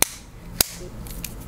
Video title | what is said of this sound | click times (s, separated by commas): I bought Airpods From AliExpress... Do They Work? - Real Vs Fake Comparison - Boujee On A Budget | Can you hear the click? | 0.0 s, 0.6 s